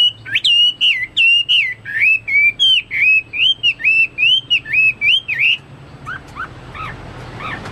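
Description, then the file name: Chinese hwamei gives a run of clear, looping whistled notes in quick succession. It ends in a few softer, scattered whistles. "omkicau hwamei"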